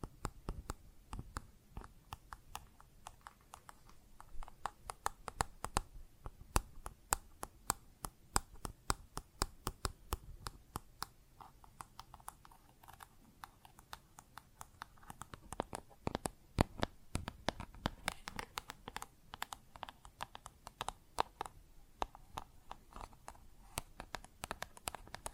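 Plastic objects are tapped and scratched in a continuous, irregular flurry of sharp clicks, dense throughout, with brief pauses and louder bursts after fifteen seconds.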